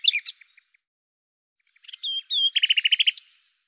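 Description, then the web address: Common nightingale song: a brief chirpy opening, a pause, then a clear whistle leading into a fast series of loud repeated notes. "cianscape birddata Deverinetal 2025 Bird Lu Me"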